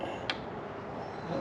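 Someone pushes the last plastic wiring plug of a new LED light on a Harley motorcycle into its connector housing, and one sharp click sounds at 0.3 s over steady background noise. The pin is still not fully inserted.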